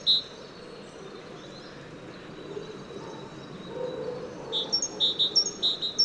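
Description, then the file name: Great tit phrase heard briefly at first, then after a quiet stretch a run of rhythmic two-note whistles near the end, fairly soft against steady background noise. "Parus major"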